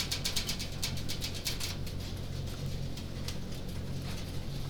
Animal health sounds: poultry house recording; no chicken sound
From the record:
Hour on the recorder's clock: 21

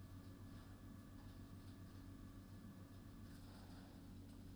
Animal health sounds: poultry house recording; no chicken sound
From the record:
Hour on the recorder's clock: 20

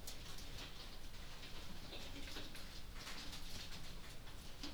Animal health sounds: poultry house recording; no chicken sound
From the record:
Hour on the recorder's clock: 20

